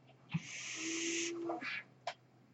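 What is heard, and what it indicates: A home mechanical ventilator breath: a broad airy hiss lasting about a second, with a steady low tone beneath it, then a softer puff and a brief click as the cycle ends.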